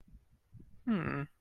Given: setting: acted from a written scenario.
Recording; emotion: vocal sound without words; adoration